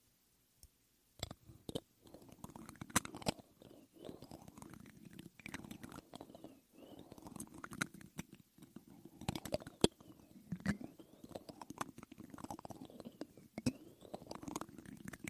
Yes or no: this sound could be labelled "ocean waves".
no